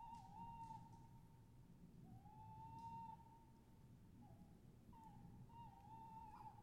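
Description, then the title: Owl calls: drawn-out, level whistled notes repeated several times over a constant low background rumble. Owls calling overhead; recorded during professional travels between 2010 and 2012. "Chouettes au dessus de la tete"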